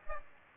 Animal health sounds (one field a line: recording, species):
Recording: mosquito wingbeat signal from an infrared sensor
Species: Aedes aegypti